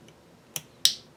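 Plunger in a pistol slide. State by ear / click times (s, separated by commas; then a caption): seated / 0.9 s. A spring-loaded plunger in a pistol slide is pushed in with a tool until it snaps into its seat. A faint tick and a sharper click come first, then a loud, bright snap at 0.9 s as the plunger seats. It must snap to be in right.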